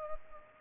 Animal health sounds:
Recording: mosquito wingbeat signal from an infrared sensor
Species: Culex pipiens

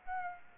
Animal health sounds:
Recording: mosquito wingbeat signal from an infrared sensor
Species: Aedes aegypti

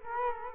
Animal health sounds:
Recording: mosquito wingbeat signal from an infrared sensor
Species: Culex quinquefasciatus

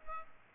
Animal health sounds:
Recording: mosquito wingbeat signal from an infrared sensor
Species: Culex pipiens

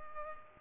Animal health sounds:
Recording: mosquito wingbeat signal from an infrared sensor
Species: Culex pipiens

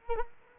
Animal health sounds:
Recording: mosquito wingbeat signal from an infrared sensor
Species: Culex quinquefasciatus

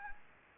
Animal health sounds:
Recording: mosquito wingbeat signal from an infrared sensor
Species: Anopheles gambiae

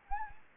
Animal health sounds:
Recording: mosquito wingbeat signal from an infrared sensor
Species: Anopheles gambiae

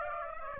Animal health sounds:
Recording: mosquito wingbeat signal from an infrared sensor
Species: Aedes aegypti

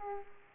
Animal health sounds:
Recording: mosquito wingbeat signal from an infrared sensor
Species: Aedes aegypti

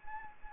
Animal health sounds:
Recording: mosquito wingbeat signal from an infrared sensor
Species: Anopheles gambiae

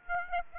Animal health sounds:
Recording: mosquito wingbeat signal from an infrared sensor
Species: Aedes aegypti

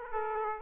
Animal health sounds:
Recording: mosquito wingbeat signal from an infrared sensor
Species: Aedes aegypti

